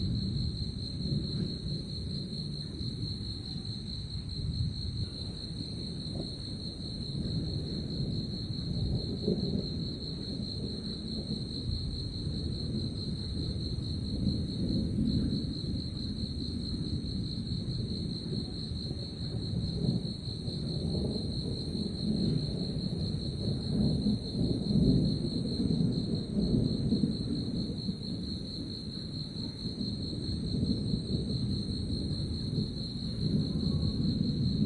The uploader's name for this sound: In the middle of the night, before the rainstorm, the sky is full of thunder